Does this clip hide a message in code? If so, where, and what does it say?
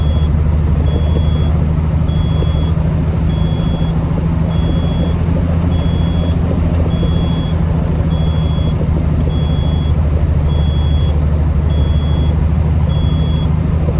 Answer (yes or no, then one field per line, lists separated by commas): no